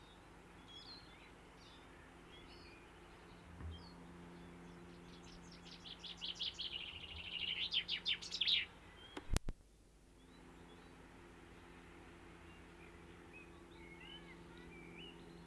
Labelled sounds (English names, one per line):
Common Chaffinch